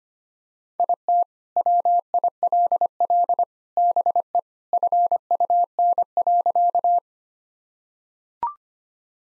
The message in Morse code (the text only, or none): IT WILL BE FUN.